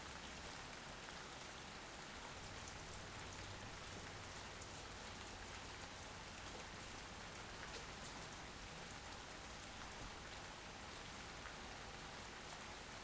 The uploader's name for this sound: Light Showers (Extended) White Noise